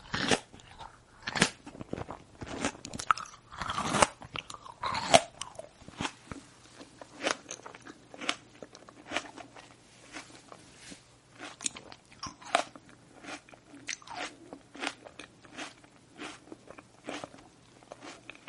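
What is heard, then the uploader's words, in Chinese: Someone eats, chewing and swallowing: sharp crunchy bites and wet chewing clicks come in quick irregular bursts, densest and loudest in the first five seconds. After that the crunches space out into lighter, steady chewing, with a faint low hum running underneath. 吃嚼咽东西的音声。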